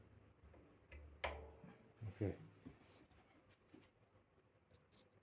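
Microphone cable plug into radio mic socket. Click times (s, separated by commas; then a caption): 1.2 s. A microphone cable plug is pushed into the socket of a CAROL GO-23 radio mic, and a sharp tick at 1.2 s shows the locking tab has caught and the connector is seated. Someone talks briefly after the click.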